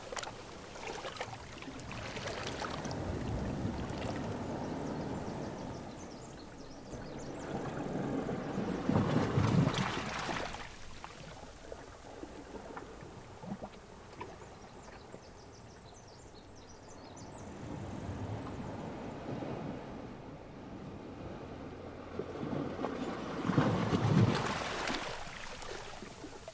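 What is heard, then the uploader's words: Water rushes in between rocks in two big surges, building to a loud, churning peak near ten seconds and again near twenty-four, then draining away into a softer hiss. A low, hollow rumble sits under the spray, and quieter lapping fills the gaps between surges. I love that anticipatory sound of water rushing between the rocks as it approaches.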